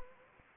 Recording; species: mosquito wingbeat signal from an infrared sensor; Anopheles arabiensis